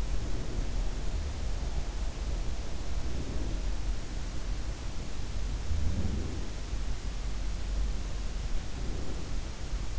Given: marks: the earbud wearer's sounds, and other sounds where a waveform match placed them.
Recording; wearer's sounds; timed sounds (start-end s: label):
sounds in sleep by an in-ear microphone; breath
0.00-1.18 s: breath
2.81-3.96 s: breath
5.37-9.99 s: sound from someone else or the room
5.81-6.74 s: breath
8.63-9.56 s: breath